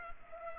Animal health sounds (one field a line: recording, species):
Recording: mosquito wingbeat signal from an infrared sensor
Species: Culex pipiens